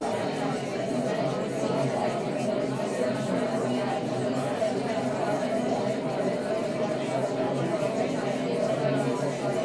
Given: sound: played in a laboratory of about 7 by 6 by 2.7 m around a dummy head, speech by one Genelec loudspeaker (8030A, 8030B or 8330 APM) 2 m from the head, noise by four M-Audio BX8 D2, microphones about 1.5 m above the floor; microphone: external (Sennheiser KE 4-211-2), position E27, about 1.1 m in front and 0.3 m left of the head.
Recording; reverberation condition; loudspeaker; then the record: babble noise; low; four, about 170 cm from the corners of the room and facing them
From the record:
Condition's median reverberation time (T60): about 310 ms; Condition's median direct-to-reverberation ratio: about 3.5 dB